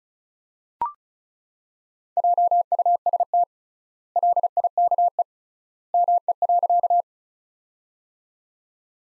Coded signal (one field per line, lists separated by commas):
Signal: Morse code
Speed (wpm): 36 wpm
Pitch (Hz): 700 Hz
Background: none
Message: JUST LIKE ME.